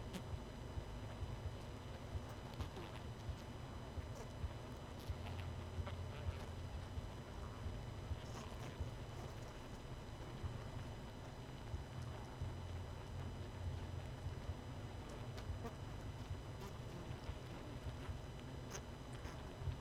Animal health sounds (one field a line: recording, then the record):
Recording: honeybee colony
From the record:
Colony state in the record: missing queen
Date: 31 May 2018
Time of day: 20:53